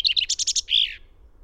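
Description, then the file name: Common chaffinch song fragment: a quick run of bright chipping notes, then a longer slurred note falling away at the end. "Fringilla coelebs"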